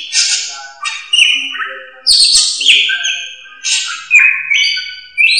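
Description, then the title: Drongo song: a varied jumble of harsh, buzzy notes mixed with high whistled phrases, some rising sharply at the end. "Suara Srigunting. Hobiburung"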